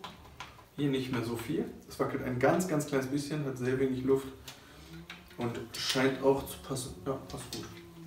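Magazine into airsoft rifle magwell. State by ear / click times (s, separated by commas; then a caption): not seated / none. A plastic/metal magazine is handled at the magwell of an Airsoft Systems ASAR-15 "Carbine" S-AEG airsoft rifle replica while someone talks throughout. A few brief, sharp ticks and handling noises sound under the speech. Nothing has seated or clicked into place yet.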